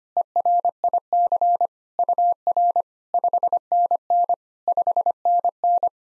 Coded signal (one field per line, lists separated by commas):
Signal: Morse code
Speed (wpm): 25 wpm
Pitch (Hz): 700 Hz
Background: none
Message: ERIC UR 5NN 5NN